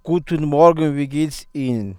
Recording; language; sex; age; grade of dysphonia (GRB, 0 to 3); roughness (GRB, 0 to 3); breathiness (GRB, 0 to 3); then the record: spoken sentence; German; male; 30 to 39 years; 0; 0; 0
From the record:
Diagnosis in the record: healthy voice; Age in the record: 31 years